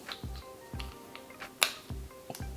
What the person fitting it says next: you should hear it click